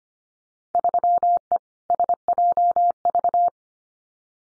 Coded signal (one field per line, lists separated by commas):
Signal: Morse code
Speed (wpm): 25 wpm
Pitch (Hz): 700 Hz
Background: none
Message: 3E SJV